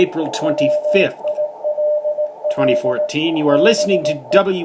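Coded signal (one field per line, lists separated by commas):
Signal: Morse code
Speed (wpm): 18 wpm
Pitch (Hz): 590 Hz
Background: speech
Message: WILL BE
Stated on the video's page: Morse heard on amateur bands above 14 MHz.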